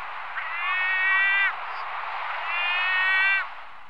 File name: gaviota sombria